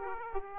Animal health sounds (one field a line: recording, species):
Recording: mosquito wingbeat signal from an infrared sensor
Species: Aedes aegypti